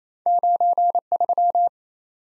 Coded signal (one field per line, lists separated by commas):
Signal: Morse code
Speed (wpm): 28 wpm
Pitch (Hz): 700 Hz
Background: none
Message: 93